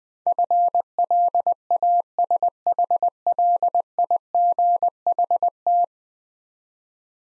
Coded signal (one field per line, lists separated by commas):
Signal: Morse code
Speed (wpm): 20 wpm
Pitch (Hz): 700 Hz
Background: none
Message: FLASHLIGHT